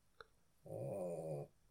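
A single low, buzzing, growl-like breath lasting under a second: Teddy, a dog, snoring during sleep.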